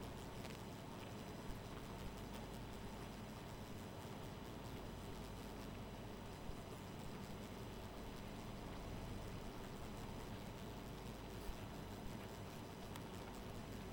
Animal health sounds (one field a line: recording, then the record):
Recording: honeybee colony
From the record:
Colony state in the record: missing queen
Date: 14 July 2017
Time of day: 2:04